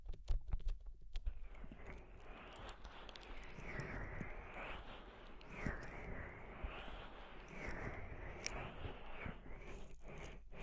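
Cool gel is massaged gently over a microphone ear, giving a wet, squishy rubbing that swells and fades in slow waves. Sharp sticky clicks and taps crowd the first second, then the soft smearing sounds carry on steadily, with occasional small pops near eight seconds.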